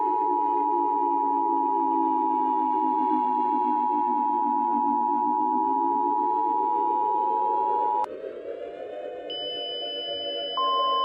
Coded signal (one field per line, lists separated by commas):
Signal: Emergency Alert System (SAME) tones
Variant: 853 and 960 Hz attention tone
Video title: EAS Mock - Coastal Warning